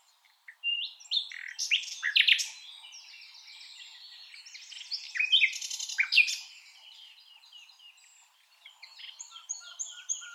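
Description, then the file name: Common nightingale delivering a varied, jumbled song of rapid chirps, buzzy notes and trills in two main bursts, with softer twitters between. "Luscinia megarhynchos"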